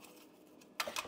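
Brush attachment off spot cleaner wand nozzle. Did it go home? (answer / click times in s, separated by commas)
released / 0.8 s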